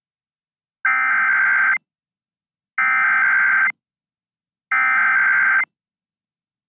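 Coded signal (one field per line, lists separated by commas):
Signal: Emergency Alert System (SAME) tones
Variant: header bursts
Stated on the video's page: Real tsunami warning from the National Tsunami Warning Center, relayed by a local NWS office and carried on an IP radio station.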